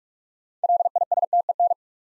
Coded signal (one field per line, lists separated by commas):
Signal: Morse code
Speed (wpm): 44 wpm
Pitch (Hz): 700 Hz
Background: none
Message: LISTEN